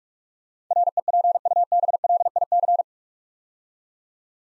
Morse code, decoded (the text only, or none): REPUBLIC